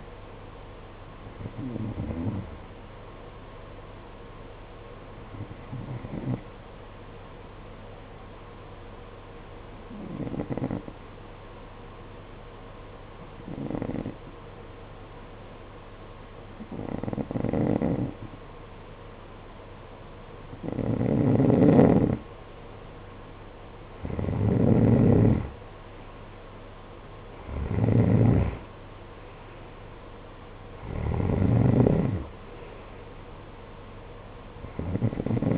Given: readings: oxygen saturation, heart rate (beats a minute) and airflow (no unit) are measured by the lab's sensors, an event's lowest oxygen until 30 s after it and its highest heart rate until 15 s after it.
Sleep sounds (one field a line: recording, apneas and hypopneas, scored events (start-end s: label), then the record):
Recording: breathing in sleep by a voice recorder at the bedside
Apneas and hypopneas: 1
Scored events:
6.00-22.90 s: hypopnea (N1, oxygen 94% highest, then 89% lowest, heart rate 49 at the start, 60 highest)
21.00-35.58 s: new sleep stage, N2 (light sleep)
From the record:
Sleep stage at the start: N1 (lightest sleep)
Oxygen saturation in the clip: 90 to 94%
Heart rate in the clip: 49 to 60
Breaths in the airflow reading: 9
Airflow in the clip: -11.0 to 7.9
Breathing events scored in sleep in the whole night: 476 in 9.7 hours asleep